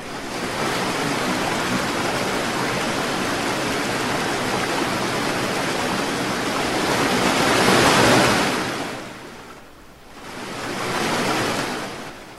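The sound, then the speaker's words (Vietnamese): A huge wave about 30 metres high crashes over water down an incline in an underground river, in a dense, continuous roar that swells to a peak, briefly subsides, then surges again. No voices are heard. “Nếu không phải con sóng đáng sợ ấy ập tới theo mặt phẳng nghiêng, con thuyền hình rắn của họ đứng trước con sóng cao 30 mét ấy thật chẳng khác nào một hạt vừng, đến nhét kẽ răng cũng chẳng đáng kể nữa.”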